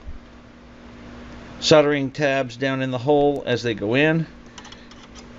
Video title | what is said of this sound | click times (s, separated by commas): Replacing key switches on the Apple IIe | these just snap into place we | 4.6 s, 4.7 s